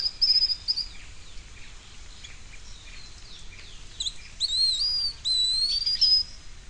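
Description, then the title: Bird giving high whistled notes and quick chirps, then long sweeping warbled whistles that rise and fall, over a soft background hiss. "LuckyPassaro Completos2Sama"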